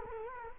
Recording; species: mosquito wingbeat signal from an infrared sensor; Culex quinquefasciatus